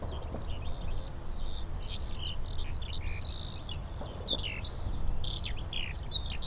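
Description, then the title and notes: Eurasian skylark song of quick, high, slurred notes in a continuous stream, with a low background rumble and a couple of faint knocks. Skylarks singing in fields by St. Isidore's wayside shrine, Sosna Góra, Siemianowice Śląskie, Poland; Saturday 18 May 2019; Zoom H5, Audio-Technica BP4025. "Siemianowice Śląskie, Polska - skowronek przy kapliczce św. Izydora. Sobota, 18 maja 2019. Wśród pól znajduje się kapliczka świętego Izydora na Sosnej Górze. W polu śpiewają skowronki i brzęczą owady"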